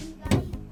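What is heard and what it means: On a Toyota Sienna lift-gate handle replacement, the lead ball end of the lift-gate release cable is pushed with a screwdriver into its socket on the handle or latch lever. It snaps in with a sharp click at 0.3 s, followed by a fainter tap at 0.5 s. The cable end is confirmed seated in the lever.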